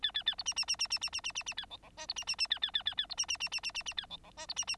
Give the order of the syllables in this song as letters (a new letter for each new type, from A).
A A A B C C C C C C C C C C A D D E B C C C A A A A A B C C C C C C C A D D E B C C